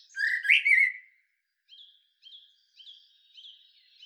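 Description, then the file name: Common blackbird with one rich, slurred whistled phrase followed by a few faint, thin high notes. "Turdus merula"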